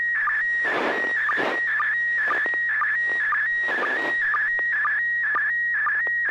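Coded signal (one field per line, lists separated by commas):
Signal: SSTV (slow-scan television)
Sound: warbling tone shifting between pitches, interrupted by short low sync chirps about twice a second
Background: FM repeater hiss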